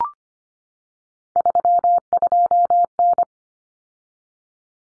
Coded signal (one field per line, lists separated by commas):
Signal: Morse code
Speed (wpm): 25 wpm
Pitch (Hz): 700 Hz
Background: none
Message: 32N